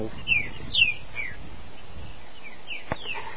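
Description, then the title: Green-winged saltator song: a few moderately loud down-slurred whistles early on, a soft note later and a sharp click, over low rumbling background noise. "Trinca Ferro"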